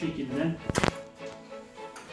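Someone talks over background music while a replacement backlight/LED part is handled inside a Samsung TV being repaired for a dark-picture fault, about to be pressed into its plastic retaining tab. A burst of handling noise around 0.7–0.9 s carries two sharp ticks at about 0.8 and 0.9 s. The clip ends before the part goes home, and nothing has seated or clicked yet.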